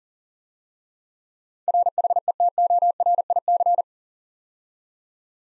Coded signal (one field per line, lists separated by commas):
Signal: Morse code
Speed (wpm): 40 wpm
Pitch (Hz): 700 Hz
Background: none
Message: RHETORIC